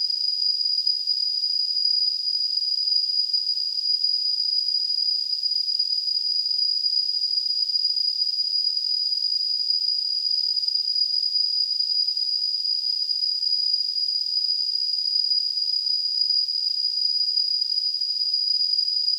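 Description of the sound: Simulated tinnitus: a steady, continuous high-pitched tone near 5 kHz, set in a narrow band of hiss, unchanging for the whole 19 seconds.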